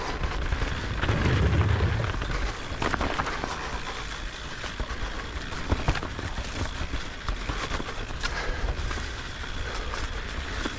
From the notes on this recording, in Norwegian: Stisykling på fine barfrost-forhold på Sæteråsen utenfor Trondheim